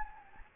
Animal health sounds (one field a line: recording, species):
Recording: mosquito wingbeat signal from an infrared sensor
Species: Anopheles gambiae